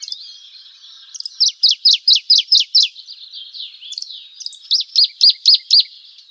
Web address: Schulze Peter Dusky Warbler song